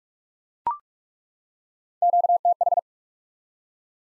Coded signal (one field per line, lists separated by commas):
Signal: Morse code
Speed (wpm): 43 wpm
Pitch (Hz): 700 Hz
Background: none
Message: QTH